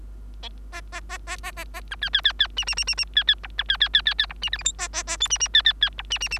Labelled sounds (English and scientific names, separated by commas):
Bengalese Finch (Lonchura striata domestica) song